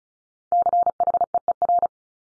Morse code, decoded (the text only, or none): CHEER